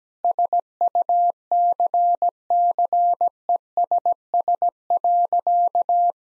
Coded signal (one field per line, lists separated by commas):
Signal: Morse code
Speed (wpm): 17 wpm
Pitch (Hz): 700 Hz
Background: none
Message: SUCCESS.